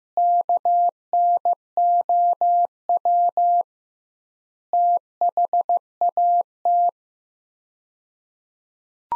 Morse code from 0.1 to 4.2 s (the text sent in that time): KNOW